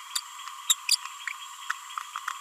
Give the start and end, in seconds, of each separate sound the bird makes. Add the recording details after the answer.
0.15-0.18, 0.69-0.76, 0.91-0.96. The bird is a female. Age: 31 days. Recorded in a nest box in Venezuela. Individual 17B42A2